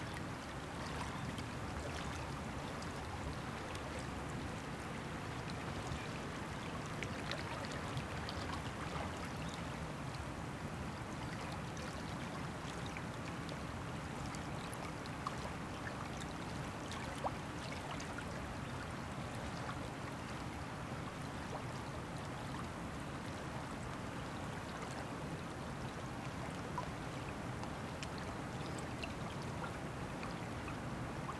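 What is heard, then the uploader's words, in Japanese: A river flows slowly and quietly at a steady, unchanging level for the whole half minute. Low rumbling water fills the bottom, with a dense wash of soft trickles and tiny splashes scattered above it, nothing standing out sharply. 夜明け前の川の音。まだあたりが暗い川岸で、とろとろと静かに流れる川の流れを聴きました。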